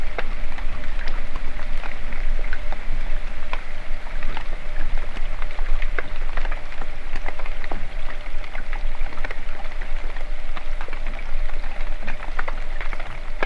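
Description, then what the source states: Crustaceans clicking underwater: a dense, ceaseless crackle of sharp snapping clicks over a steady low rumble and a faint constant tone. Underwater recording in the fjords of western Norway; many crustaceans.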